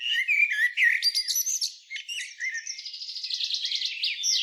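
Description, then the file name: Common blackbird with a few mellow, slurred notes, then a long, fast, high twittering series that continues to the end. "Turdus merula"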